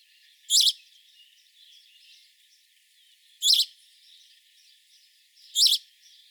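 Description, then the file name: House sparrow chirps, three single sharp notes spaced a few seconds apart over faint softer twittering. "Passer domesticus"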